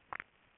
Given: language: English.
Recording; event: throat vibration sensor signal played as sound; swallow